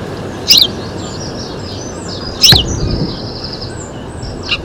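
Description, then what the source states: House sparrow, two sharp chirps about two seconds apart and a fainter one at the end, other birds faintly calling behind a constant hiss. Nominate subspecies Passer domesticus domesticus.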